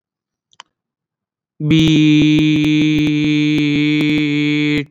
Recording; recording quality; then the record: sustained vowel as in beet; excellent, no background noise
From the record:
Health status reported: exposed to COVID-19, no respiratory illness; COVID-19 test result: negative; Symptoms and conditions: fatigue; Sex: female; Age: 29 years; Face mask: not worn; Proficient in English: yes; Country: India